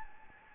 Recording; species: mosquito wingbeat signal from an infrared sensor; Anopheles gambiae